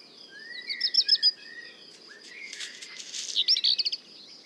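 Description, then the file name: Black redstart song: a quick high rattle, then a crackling, hissy burst ending in another fast rattle, with a lower whistled note and steady insect hum behind. At le Puech. "chant de rougequeue noir merle noir le Puech"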